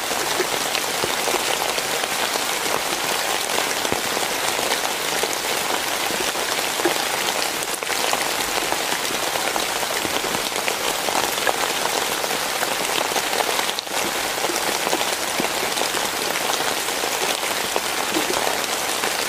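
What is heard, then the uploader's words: Steady, dense rain patters on a surface, a constant bright hiss of countless drops with no letup across the whole stretch. Rain Sound.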